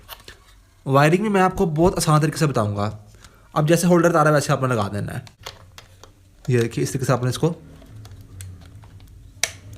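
Someone talks while a bulb holder (socket with wires) is pushed onto the back of a new double-side LED headlight bulb for a Honda CD 70 motorcycle, with a few small handling clicks in between. A sharp, loud hit at 9.4 s marks the holder going home, and it is seated.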